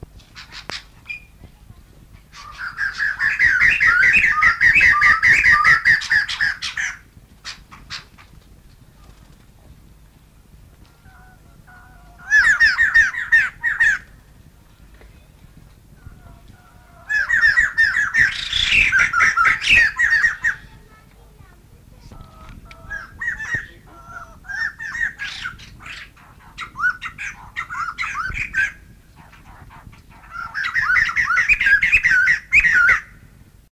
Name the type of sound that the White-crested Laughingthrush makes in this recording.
song